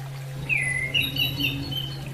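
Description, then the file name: Orange-headed thrush calling with a quick run of four or five thin whistled notes, the first drawn out and falling, over a continuous low hum. Female bird; used as therapy audio for bird training. "audio terapi ak betina"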